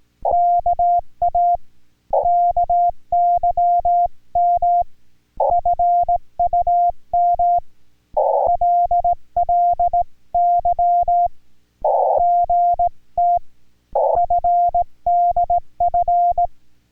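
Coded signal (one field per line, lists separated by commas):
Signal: Morse code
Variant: Korean alphabet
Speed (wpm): 18 wpm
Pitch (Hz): 700 Hz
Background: music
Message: 오 엠 님 께 서 는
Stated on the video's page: Amateur radio contact in Korean Morse code.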